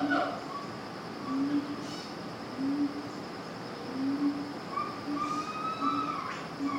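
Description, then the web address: Monkey hooting calls, low soft hoots repeated steadily, with higher tonal cries overlapping near the end. Monkeys in a cage at a zoo. "sound-effects-bible Zoo Monkey Cage"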